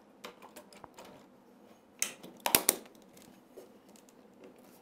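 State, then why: Not seated. A Nuki Smart Lock 3.0 Pro body is handled and pushed toward its mounting plate on a door, over the door key. Light taps and rustles give way to a cluster of sharp clicks and knocks around 2.0–2.7 seconds, followed by a few quieter taps. Nothing has seated or clicked into place yet.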